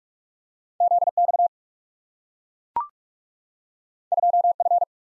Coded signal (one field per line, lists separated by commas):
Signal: Morse code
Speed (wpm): 44 wpm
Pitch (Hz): 700 Hz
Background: none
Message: ZX 2F